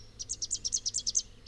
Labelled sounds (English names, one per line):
Rufous-capped Warbler song